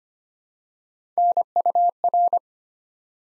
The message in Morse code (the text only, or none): NUR